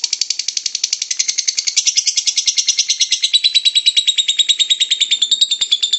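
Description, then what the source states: Lovebird ngekek song, a long unbroken chatter of rapid shrill notes, roughly three per second, held high with a slight falling shift near the end. Lovebird ngekek song, described as long and used as a bait song (kicau pancingan) to prompt other lovebirds to sing.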